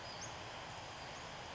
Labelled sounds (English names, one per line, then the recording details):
Western Flycatcher
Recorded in Sonoma County, California